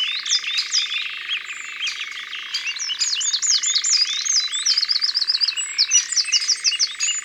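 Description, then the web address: Song thrush delivering fast varied song, twittering slurs that build into rapid repeated squeaky notes, over a steady background hum. "Grive musicienne. abc de la nature"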